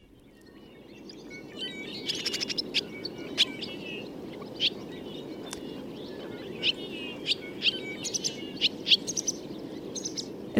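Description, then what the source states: Barn swallow twittering: rapid chattering phrases with buzzy, sharp notes and clicks, over a soft low hiss. Barn swallows are starting to return; the call is very similar to that of other swallows.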